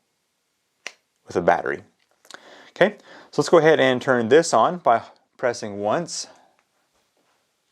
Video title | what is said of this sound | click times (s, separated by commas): ThruNite TS1 and TS2 Flashlights | and then once again this will snap into place | 0.9 s